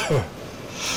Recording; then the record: coughing mixed with background sound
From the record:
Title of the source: Dry Afternoon Cough